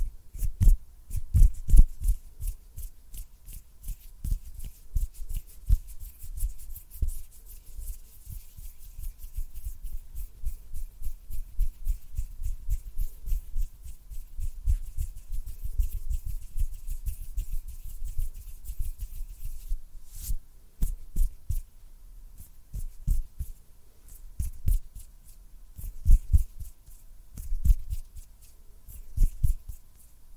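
Close-up finger fluttering and hand sounds: a dense, rapid stream of dry taps and brushing clicks runs through the full thirty seconds. The patter stays fairly steady but thins slightly near the twentieth second, then returns with a few sharper, heavier taps toward the end.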